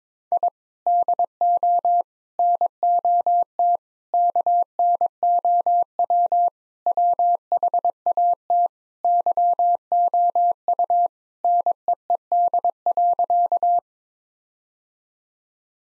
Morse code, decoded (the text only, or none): I DO NOT KNOW WHAT YOU NEED.